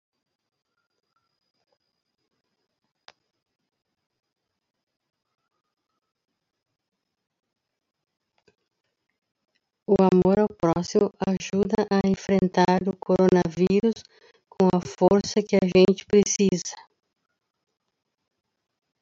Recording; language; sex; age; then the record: spoken sentence; Brazilian Portuguese; female; 60 to 69 years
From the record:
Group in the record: control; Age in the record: 61 years